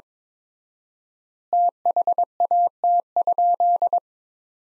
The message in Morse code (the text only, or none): THAT?